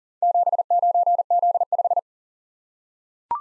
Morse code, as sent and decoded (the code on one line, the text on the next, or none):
--... ----. --.. .....
79Z5